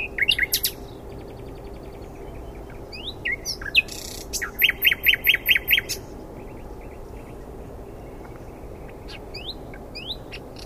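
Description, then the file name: Common nightingale song: scattered sharp chirps and buzzy notes, then a loud run of rapid repeated notes, followed by sparse quiet phrases. "Luscinia megarhynchos"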